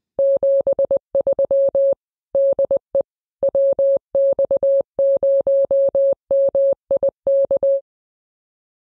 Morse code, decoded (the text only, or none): 73 DE WX0MIK